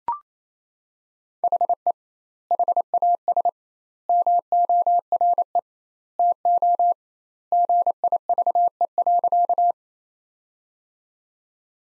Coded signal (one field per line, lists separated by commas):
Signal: Morse code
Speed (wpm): 28 wpm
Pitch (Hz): 700 Hz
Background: none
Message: HE HAS MORE TO GIVE.